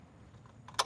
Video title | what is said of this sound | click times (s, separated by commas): My KIA is thirsty.. Let's check the fluids in my CAR #gigworker | the cap back on till it clicks. | 0.8 s